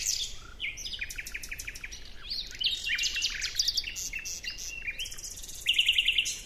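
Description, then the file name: Common nightingale delivering quick repeated note series and chattering phrases, ending in a rapid series of repeated notes, with faint hiss behind. "Luscinia megarhynchos"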